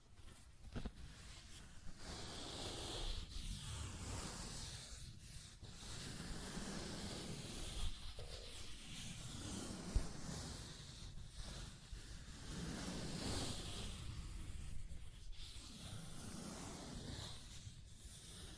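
Scratching and tracing sounds: a continuous rough, hissing rasp that swells and eases in slow strokes roughly every two to three seconds. A low rumble runs underneath, and a single sharp tick stands out around the ten-second mark.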